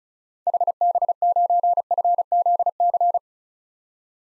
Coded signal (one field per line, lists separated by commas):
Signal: Morse code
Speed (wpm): 36 wpm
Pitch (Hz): 700 Hz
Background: none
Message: HB9FZC